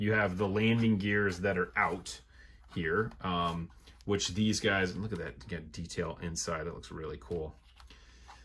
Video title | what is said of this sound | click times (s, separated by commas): Star Wars Micro Galaxy Squadron Imperial Shuttle Review and Comparison | so those open and when they open they actually click right in place which is great | 7.8 s, 7.9 s